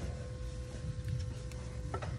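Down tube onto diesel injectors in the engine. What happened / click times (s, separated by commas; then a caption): The tube is being handled but has not yet clicked home / none. A diesel injector down tube is handled as it is pushed onto the injectors during injector replacement on a 2004 Ford F-350 6.0L diesel with failing injectors. A steady low hum runs throughout, with a few faint handling knocks and taps. Nothing has seated or clicked yet.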